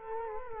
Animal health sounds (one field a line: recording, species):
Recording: mosquito wingbeat signal from an infrared sensor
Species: Culex quinquefasciatus